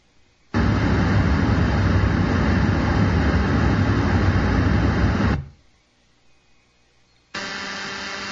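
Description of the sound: Loud, steady, low-heavy rushing noise, a pause, then a buzzy tone: simulated tinnitus sounds of the kind people with tinnitus have to live with.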